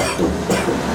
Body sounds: coughing mixed with background sound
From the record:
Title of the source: Residual Phlegmy Morning Coughing and Gagging

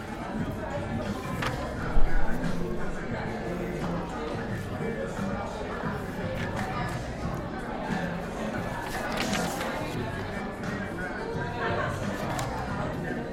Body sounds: background sound without coughing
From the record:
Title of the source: 60 minutes of coffee shop sounds for study and concentration

